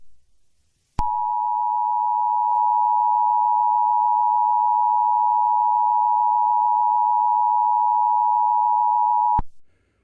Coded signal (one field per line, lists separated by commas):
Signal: Emergency Alert System (SAME) tones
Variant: 853 and 960 Hz attention tone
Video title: Sailor Moon.EXE (An EAS scenario) PART II. Featuring: @J_T_C11Official (RE-PREMIRE)